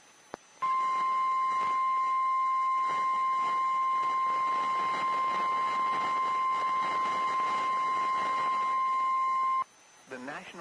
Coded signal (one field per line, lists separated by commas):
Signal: Emergency Alert System (SAME) tones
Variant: 1050 Hz attention tone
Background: speech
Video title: EAS 1145-1174 (12/10 & 12/11/21)